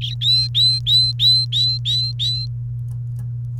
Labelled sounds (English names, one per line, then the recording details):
Domestic Canary song
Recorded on 30 April 2018 at 07:46
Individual llb3